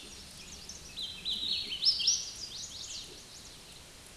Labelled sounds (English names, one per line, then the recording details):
Hooded Warbler song
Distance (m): 15 m
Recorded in a Pennsylvania forest on 18 May 2023 at 10:58
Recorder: AudioMoth, point grid1_16_low
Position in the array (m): 235 m, 146 m